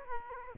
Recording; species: mosquito wingbeat signal from an infrared sensor; Aedes aegypti